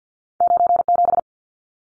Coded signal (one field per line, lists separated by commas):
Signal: Morse code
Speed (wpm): 50 wpm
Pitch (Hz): 700 Hz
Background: none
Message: 97